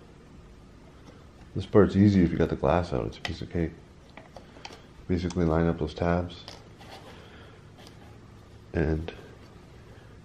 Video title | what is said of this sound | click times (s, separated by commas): BMW E90 M3 DIY Gauge Conversion. On my 2008 335i | it clicks into place. | 7.9 s